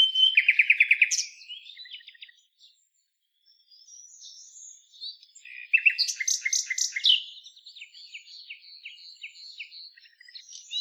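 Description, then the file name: Common nightingale song: a churring run of repeated notes, a silent gap, then a loud phrase of rapid broad notes followed by softer repeated ones. "Luscinia megarhynchos"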